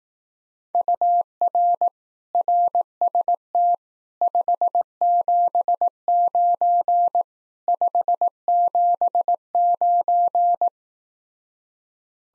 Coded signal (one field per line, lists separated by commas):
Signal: Morse code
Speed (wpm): 18 wpm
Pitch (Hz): 700 Hz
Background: none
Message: UR RST 579 579